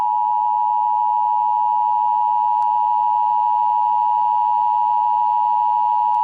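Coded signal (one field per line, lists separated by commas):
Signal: Emergency Alert System (SAME) tones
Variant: 853 and 960 Hz attention tone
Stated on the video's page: Fictional mock EAS scenario with simulated alert tones.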